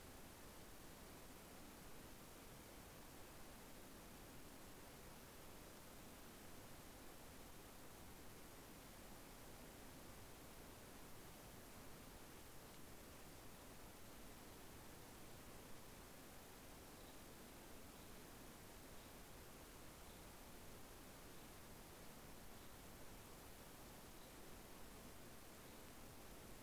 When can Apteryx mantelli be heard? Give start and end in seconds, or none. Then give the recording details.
none. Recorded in New Zealand on 14 February 2013. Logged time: 02:13. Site DH65